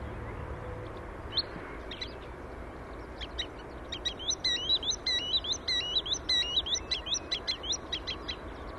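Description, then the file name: Green sandpiper: shorebird calls, a rapid run of sharp, high, clipped notes repeated in quick rhythm, building in strength, over steady background noise. 12 April 2015, Plattling settling ponds. "Waldwasserlaeufer 12 04 2015 Plattling Klaerteiche Susanne Rieck"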